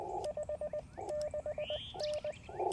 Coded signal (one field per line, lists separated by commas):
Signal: Morse code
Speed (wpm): 20 wpm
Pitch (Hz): 590 Hz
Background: none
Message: 56N